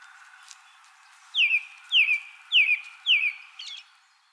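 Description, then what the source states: American robin song: four loud, clear whistled downslurs, evenly spaced about half a second apart, followed by a softer final note. Recorded 2020-04-24.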